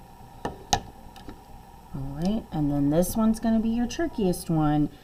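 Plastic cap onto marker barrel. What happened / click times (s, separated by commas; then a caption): The plastic cap snapped on / 0.7 s. A teacher presses a plastic cap onto a marker barrel, pushing until it snaps. A lighter handling tap at 0.5 s leads into a sharp, loud snap at 0.7 s as the cap seats, followed by a couple of faint taps. Then someone talks.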